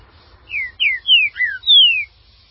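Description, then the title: Green-winged saltator delivering a single short phrase of five rich whistles, each gliding down in pitch. "Trinca Ferro"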